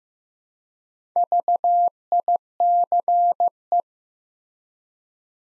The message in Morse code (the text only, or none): VICE